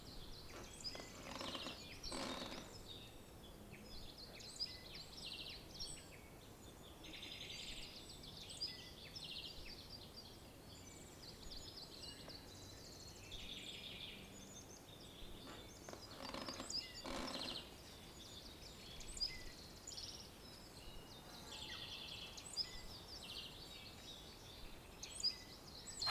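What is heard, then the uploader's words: On a spring day at a wooden cabin, birds chirp and call steadily over a soft hiss, with brief louder bursts near 2 and 17 seconds. Spring day in a beautiful wooden cabin. Sitting in a gorgeous cabin with bird song outside.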